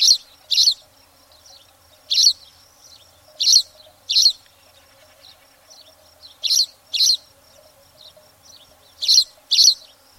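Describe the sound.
Spanish sparrow calling with bright, high chirps that come mostly in pairs, each pair separated by a pause of a second or more.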